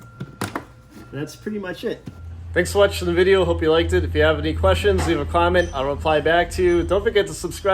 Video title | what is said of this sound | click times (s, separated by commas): How To Replace Air Filter 2006-2010 Ford Explorer | front of the air filter housing, make sure that they're locked down. | 0.4 s, 0.6 s